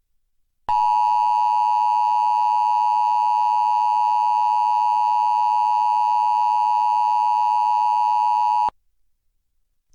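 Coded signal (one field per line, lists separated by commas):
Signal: Emergency Alert System (SAME) tones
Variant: 853 and 960 Hz attention tone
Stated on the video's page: EAS Required Weekly Test relayed by a public TV station in Portland, recorded from that station's online live stream.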